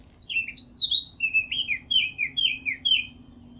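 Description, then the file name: Eurasian blackcap song: a few scratchy notes followed by loud, clear whistled phrases, each falling in pitch, repeated in quick succession. "Sylvia atricapilla"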